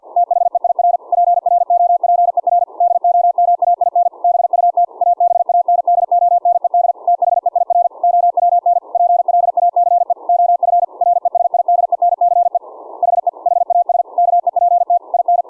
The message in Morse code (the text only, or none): THEIR PROPER DOMAIN BUT ABANDONED THEIR OWN PLACE OF RESIDENCE HE HAS KEPT IN